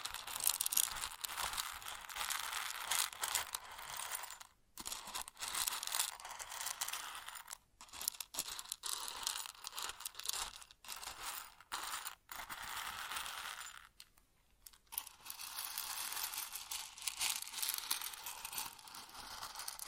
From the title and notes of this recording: ASMR Grain Sounds (No Talking).